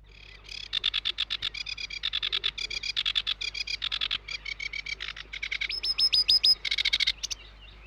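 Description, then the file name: Sedge Warbler song, a fast, varied chatter of harsh buzzy bursts and dry trills, with high clear whistled notes mixed in near the end. "De Vogels - Rietzanger"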